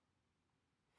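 A fill hose is pushed onto the plastic fitting of a new Bosch dishwasher drain pump, with no clamp, producing faint, low handling rustles that swell slightly at the very end. Nothing has seated or clicked yet.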